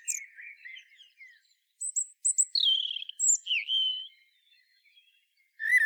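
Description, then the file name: Common blackbird: songbird singing: a low, soft warble, then clear whistled notes sliding down from high to mid pitch, and a sudden bright twitter at the end. "Turdus merula"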